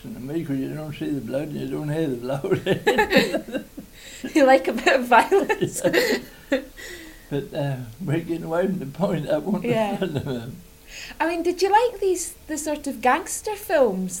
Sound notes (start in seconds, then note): 3.6 laughs; 5.8 laughs